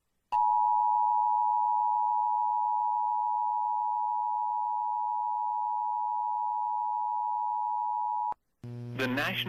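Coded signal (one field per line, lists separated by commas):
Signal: Emergency Alert System (SAME) tones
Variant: 853 and 960 Hz attention tone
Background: speech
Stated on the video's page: Off-air EAS captures from Laredo, Texas stations, including flash flood and severe thunderstorm warnings, with interference, echoes, a failed activation and poor audio.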